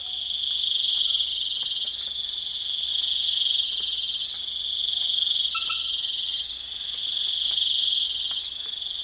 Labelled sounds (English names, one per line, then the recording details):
none
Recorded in pastures near Puerto Asís, Putumayo, Colombia, on 27 June 2025 at 20:30
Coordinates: 0.502, -76.324
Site G010